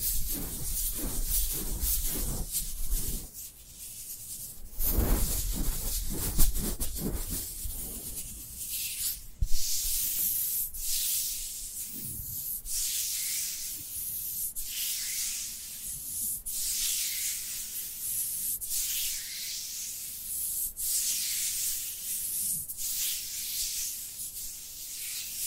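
Dry hands rub and brush together in a steady, hissy texture. The first eight seconds carry heavier, lower thumps and scuffs, then the sound settles into lighter, bright rubbing strokes that repeat about every one to two seconds.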